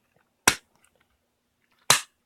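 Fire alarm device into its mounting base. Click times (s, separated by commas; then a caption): 0.5 s, 1.9 s. After an earlier failed attempt, a fire alarm device is pushed onto its mounting base again. Two loud, sharp snaps ring out at 0.5 s and 1.9 s, with faint small rustles between them. The device seats in its base.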